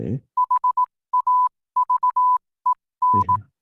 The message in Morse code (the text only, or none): HAVEN